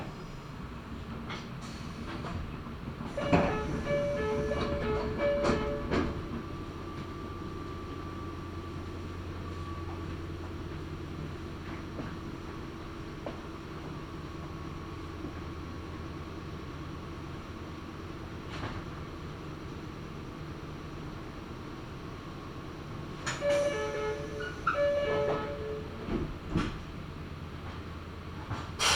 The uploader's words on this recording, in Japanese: 名古屋鉄道 蒲郡線 蒲郡→吉良吉田。